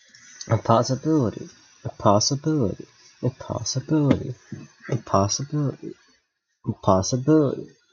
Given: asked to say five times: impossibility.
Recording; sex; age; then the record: repeated word; male; 20 to 29 years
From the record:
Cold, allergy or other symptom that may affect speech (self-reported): no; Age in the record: 23 years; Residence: New York, United States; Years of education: 16